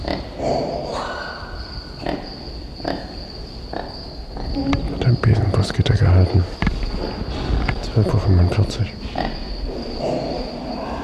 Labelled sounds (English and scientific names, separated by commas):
Brown Lemur (Eulemur fulvus) call